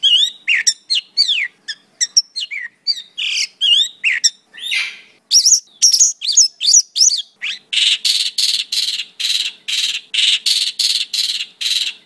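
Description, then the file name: Songbird song: quick varied whistles and slurred chirps, then from about two-thirds of the way through a fast series of short buzzy notes until the end. Master song (kicau master) of a songbird; uploaded October 2013. "kicau master pakling omkicau"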